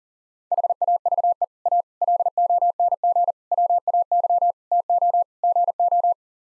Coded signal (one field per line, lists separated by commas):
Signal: Morse code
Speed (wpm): 40 wpm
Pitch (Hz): 700 Hz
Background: none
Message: HAVE A LONG WAY TO GO